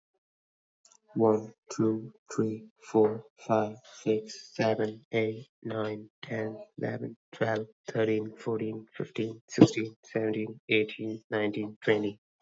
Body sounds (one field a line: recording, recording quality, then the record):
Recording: counting at a normal pace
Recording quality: excellent, no background noise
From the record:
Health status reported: recovered from COVID-19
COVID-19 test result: positive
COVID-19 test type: RT-PCR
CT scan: not taken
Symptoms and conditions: cold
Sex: male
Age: 20 years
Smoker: no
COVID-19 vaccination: one dose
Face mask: worn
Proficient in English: yes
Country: India